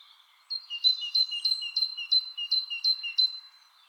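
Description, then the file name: Great tit delivering a steady string of about nine ringing two-part notes, each a sharp high tick over a lower whistled tone. "Parus major"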